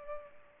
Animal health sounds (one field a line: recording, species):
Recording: mosquito wingbeat signal from an infrared sensor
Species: Culex pipiens